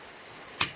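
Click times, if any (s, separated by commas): 0.6 s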